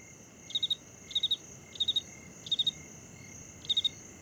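Cricket chirping: five bright, high three-pulse chirps, evenly spaced with a longer pause before the last, over a steady high whine and a lower tone throughout.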